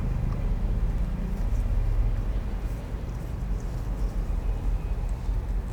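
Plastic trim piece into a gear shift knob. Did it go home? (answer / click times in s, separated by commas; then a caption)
no / none. A painted plastic trim piece is handled against the gear selector handle of a BMW automatic transmission shift knob, with a steady low rumble throughout and no sharp sounds. Nothing has seated or clicked yet.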